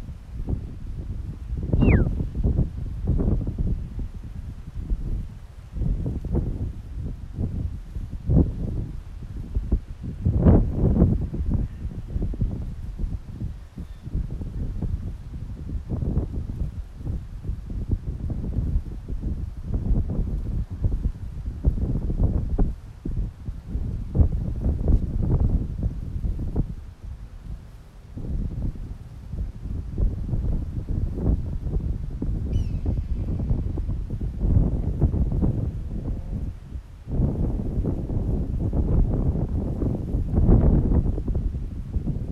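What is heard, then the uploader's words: Wind buffets the microphone in rough, low gusts that rise and fall for the whole stretch, with only brief lulls. A red-tailed hawk's short, falling cry cuts through near the start, and a thin, high call appears once more around the half-minute mark. Red tailed Hawk talking over windy San Pedro.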